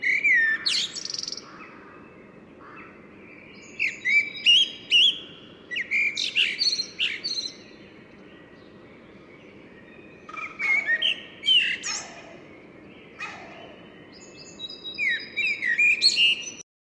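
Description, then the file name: Common blackbird delivering several song phrases, each a short run of mellow whistles ending in squeaky high chatter, repeated after pauses of a few seconds, over low hum. "Turdus merula"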